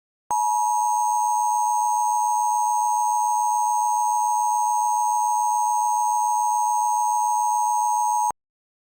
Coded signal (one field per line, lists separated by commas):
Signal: Emergency Alert System (SAME) tones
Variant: 853 and 960 Hz attention tone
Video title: EAS - 305 Underwater (Requested By thecat627) [READ DESC]